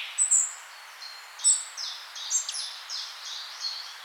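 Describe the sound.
Bird chirping with high, thin notes and brief twittering phrases scattered irregularly throughout.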